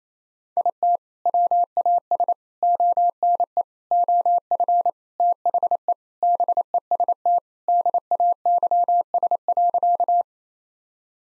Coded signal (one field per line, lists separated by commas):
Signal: Morse code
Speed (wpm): 28 wpm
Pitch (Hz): 700 Hz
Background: none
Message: IT WAS ONE OF THE BEST DAYS.